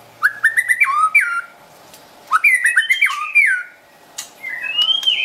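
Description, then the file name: White-rumped shama singing in bursts of quick whistled notes and slurred phrases separated by short pauses, with a few clicks. Wild bird from forest near Medan, singing actively (gacor). "suara burung murai batu hutan medan gacor"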